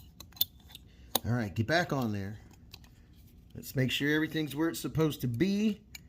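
Parts of a folding knife are pressed back onto the knife body during reassembly, with faint sharp handling ticks at the start and end while someone talks. Nothing has seated or clicked into place yet.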